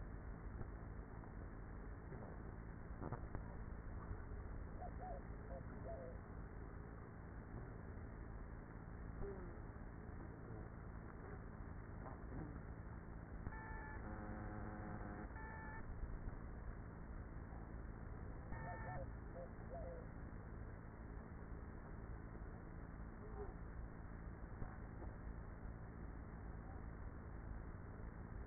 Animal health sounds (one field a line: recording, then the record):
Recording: honeybee colony, microphone inside the hive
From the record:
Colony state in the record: queenless with a low population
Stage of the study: after two queens were removed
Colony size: about 30,000 bees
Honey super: no